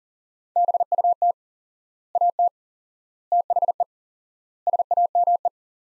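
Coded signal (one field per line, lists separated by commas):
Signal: Morse code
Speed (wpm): 40 wpm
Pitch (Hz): 700 Hz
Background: none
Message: BUT AT THE SAME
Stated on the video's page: Morse code practice: sets of four words at 40wpm with 4x word spacing, a Farnsworth-like method for head-copying phrases; each set is sent, spoken, then sent again.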